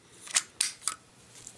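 The cassette bay panel inside the chest of a plastic MP-13 Masterpiece Soundwave transforming robot figure is pushed back, with short, sharp plastic clicks near 0.4 s, 0.6 s and 0.9 s and a faint tick near 1.5 s. The panel clicks into place at 0.6 s, seated.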